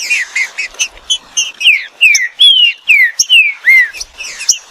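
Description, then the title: Green-winged saltator song: a steady series of clear whistled notes, the later ones drawn out and down-slurred, about two and a half per second. Bird named Nicão in the bush, singing in a contest against a free-living bird. "Trinca Ferro NICÃ O No Mato Disputando Com Solto"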